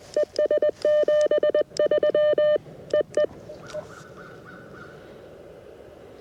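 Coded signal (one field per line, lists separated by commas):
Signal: Morse code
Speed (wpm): 21 wpm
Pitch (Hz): 600 Hz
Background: none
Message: ES 73 EE E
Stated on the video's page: QRP CW Parks on the Air activation with a vintage Elecraft K2 and a 40-10 metre end-fed half-wave antenna.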